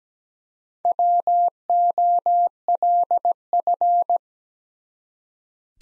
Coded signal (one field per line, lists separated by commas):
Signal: Morse code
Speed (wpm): 17 wpm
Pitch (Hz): 700 Hz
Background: none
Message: WOLF